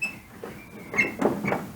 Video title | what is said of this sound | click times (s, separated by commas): 32 sedan Progress. Seats, floor, battery tray Pt2. Mart's Update 2021/ep21/pt2. | so that's one click back | 1.5 s